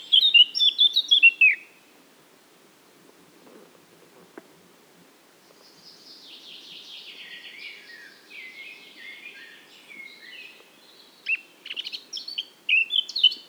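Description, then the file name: Eurasian blackcap song: a loud, clear warbled phrase, a long pause, then soft scratchy chattering that builds into bright fluting notes at the end. "Sylvia atricapilla"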